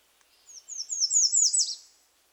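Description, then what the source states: American Redstart singing a quick run of similar thin, high notes that closes with a lower, downslurred final note. Standard song: a series of similar high notes followed by a lower final note, rendered 'C-C-C-C-O'.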